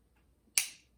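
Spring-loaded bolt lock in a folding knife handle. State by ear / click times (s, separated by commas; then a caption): seated / 0.6 s. A Spyderco Ladybug folding knife's blade is opened, and the spring-loaded bolt lock in the handle snaps into place to lock the blade open. A single sharp, bright snap lands at 0.6 s after near silence and fades quickly. The blade is locked open with solid lock-up.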